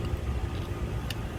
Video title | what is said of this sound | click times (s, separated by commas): DIY: Spark Plug Replacement on a 2012-2014 (7th gen) 2.5L 4 cyclinder Toyota Camry | Just pushing it in place, it clips and you can hear it click. | 1.1 s